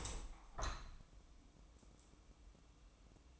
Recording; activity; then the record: daily activity, microphone in the room; open window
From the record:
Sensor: 1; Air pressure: 1000.5 hPa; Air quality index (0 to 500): 171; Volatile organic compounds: 4 ppm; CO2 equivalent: 1569 ppm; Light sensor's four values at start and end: 10/25/10/12 and 11/27/11/13